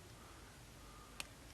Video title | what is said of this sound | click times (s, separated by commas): Greg Cable Making | snaps in place | 1.2 s